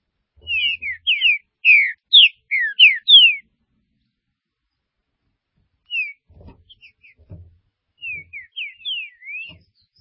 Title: Trinca Ferro